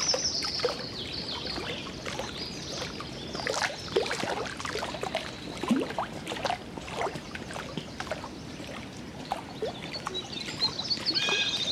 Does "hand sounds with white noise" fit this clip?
no